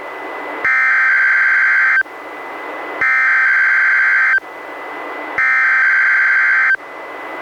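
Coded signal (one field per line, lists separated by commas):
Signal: Emergency Alert System (SAME) tones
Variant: header bursts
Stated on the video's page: Two NOAA Weather Radio Required Weekly Tests, recorded directly from a Reecom R-1630 weather radio into a Zoom H1 recorder.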